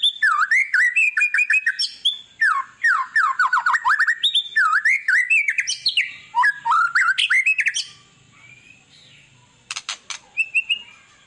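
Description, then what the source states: White-rumped shama song: rich, fast run of varied whistled and chattering phrases, swooping notes and rapid trills for eight seconds, then a pause and a few sharp clipped notes. Song used as a lure to make other birds respond.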